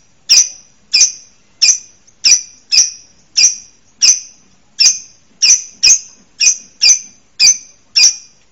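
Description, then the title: Bird giving about fourteen sharp, high chips in a fairly even series. Masteran song-training recording for songbirds. "LuckyBurung MasteranBest"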